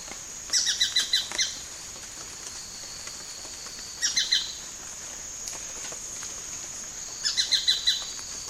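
Tacarcuna tapaculo giving three short series of quick, clipped, ringing notes spaced a few seconds apart, with a constant high hum behind.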